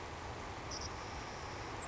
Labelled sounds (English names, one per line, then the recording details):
Savannah Sparrow
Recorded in Sonoma County, California